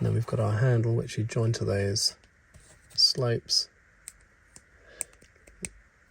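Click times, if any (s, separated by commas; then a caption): 5.0 s, 5.6 s. Plastic brick handle pieces are joined onto the slopes of an upscaled brick-built treasure chest and pressed down onto the studs. Someone talks, then sharp plastic clicks follow as the handle clicks into place at about 5.0 and 5.6 seconds, seated and filling the gaps.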